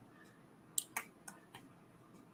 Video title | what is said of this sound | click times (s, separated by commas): NEW Paris Corner Fragrance Haul 2024: December Vanilla, Veteran Oud, Batikh - TLTG LIVE | doesn't really click in the place but it holds pretty well | none